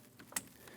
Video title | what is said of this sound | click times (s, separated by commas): How to Replace AC Condenser Receiver Dryer 2016 Scion iA | Push button was on bottom. Push until you hear a click. | 0.4 s